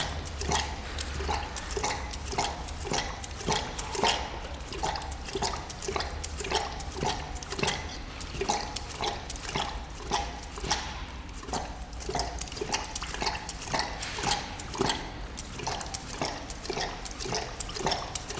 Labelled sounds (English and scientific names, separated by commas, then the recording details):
Tiger (Panthera tigris)
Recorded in captivity
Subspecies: altaica
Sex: male
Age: adult
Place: Zoo Halle, Sachsen-Anhalt, DE
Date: 1997-03-22 16:16
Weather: Schnee bis Regen, um 0°C
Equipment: Sony MD-WM MZ-R3, Sennheiser MKH 416 T, Kopie Uher 4000 Report Monitor
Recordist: Tembrock, Günter
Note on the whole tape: Sibirischer Tiger (P.t.altaica): Männchen trinkend (Zungenschlappen)